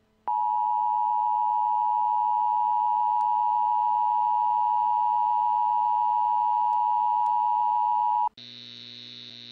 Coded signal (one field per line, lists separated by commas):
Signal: Emergency Alert System (SAME) tones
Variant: 853 and 960 Hz attention tone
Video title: Blizzard Warning: Boston, MA (2/13/15)